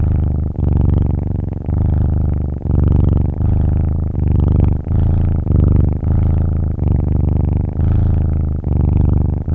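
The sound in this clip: Cat: kitten purring, a low steady rumble that swells and eases with each breath, cycles roughly every second with brief dips between them.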